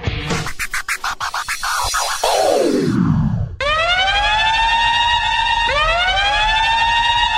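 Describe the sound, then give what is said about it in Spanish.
A loud siren wails with rising and falling pitch sweeps, preceded by a burst of sharp scratchy, clattering noises and a descending whoosh, with no talking. “Suena la sirena en Al Fin Solos y esto es señal de que el programa empieza a tomar otro tinte”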